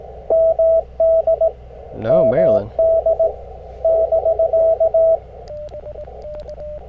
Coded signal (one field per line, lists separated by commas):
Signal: Morse code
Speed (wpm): 18 wpm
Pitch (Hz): 650 Hz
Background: speech, radio noise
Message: MD MD <BK>